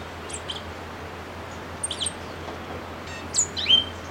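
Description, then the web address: Orange-bellied euphonia: sparse high notes, a couple of quick chirps midway and two clear, downward-slurred whistles near the end. Ecuador. "Natures Songs S America Birds of Ecuador Orange-bellied Euphonia"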